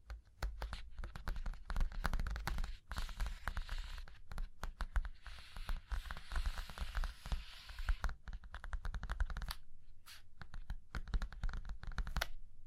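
Fingers tap, scratch and trace across a surface in a dense, fast, uneven stream of crisp clicks and rasps, with brief pauses near 3 and 10 seconds.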